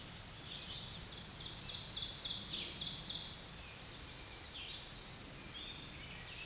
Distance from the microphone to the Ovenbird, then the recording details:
about 30 m. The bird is about 5 m below the microphone. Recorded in a Pennsylvania forest on 16 May 2024 at 07:23. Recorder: AudioMoth, point MSD-2287. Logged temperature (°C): 11.2 °C. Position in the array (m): 149 m, -8 m